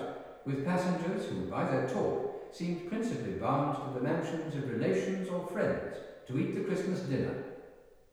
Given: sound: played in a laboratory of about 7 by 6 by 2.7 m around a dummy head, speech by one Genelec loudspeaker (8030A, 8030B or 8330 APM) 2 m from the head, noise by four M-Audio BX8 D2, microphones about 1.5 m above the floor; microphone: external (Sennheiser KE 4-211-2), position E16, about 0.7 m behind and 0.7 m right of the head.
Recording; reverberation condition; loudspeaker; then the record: male speech in English; high; 30 degrees to the left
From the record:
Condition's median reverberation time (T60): about 1300 ms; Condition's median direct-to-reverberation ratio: about -4.0 dB